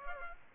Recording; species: mosquito wingbeat signal from an infrared sensor; Aedes aegypti